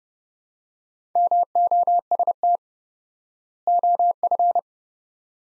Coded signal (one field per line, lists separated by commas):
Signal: Morse code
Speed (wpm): 32 wpm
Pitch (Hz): 700 Hz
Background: none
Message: MOST OF